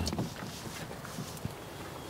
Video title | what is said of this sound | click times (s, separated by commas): VAN TOUR - Creative Space Saving Conversion in a Sprinter | an outdoor shower and this just goes pops right in | 0.1 s